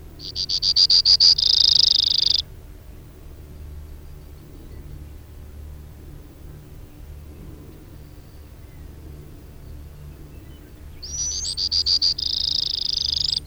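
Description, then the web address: Brewer's sparrow delivering two high songs roughly eleven seconds apart, each beginning with fast clipped notes and ending in a thin, buzzing trill lasting about a second. Recorded from a cassette. "Brewer's Sparrow Audio B--LNSCourse Cassette"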